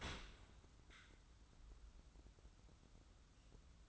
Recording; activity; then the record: daily activity, microphone in the room; open dishwasher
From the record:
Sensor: 3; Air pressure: 994.4 hPa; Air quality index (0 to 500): 209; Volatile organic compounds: 1000 ppm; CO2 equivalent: 6989 ppm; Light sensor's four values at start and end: 213/515/218/220 and 208/502/213/213